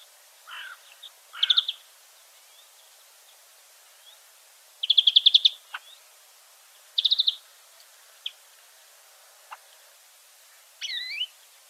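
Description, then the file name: European greenfinch calls: rattling trills of quick pulses, the longest around five seconds in, mixed with lower buzzy notes early on and a wavering whistle near the end. "Chloris chloris"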